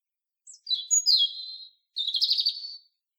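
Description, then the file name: European robin singing high, thin warbled phrases with trills and tumbling notes, two bursts separated by a short pause, no other sounds. "Erithacus rubecula"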